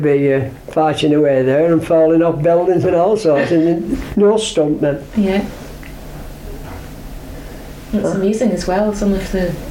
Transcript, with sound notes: They'd be eh, fighting away there and falling off buildings and all sorts. [laughs] No stunt men.
Yeah. It's amazing as well. Some of the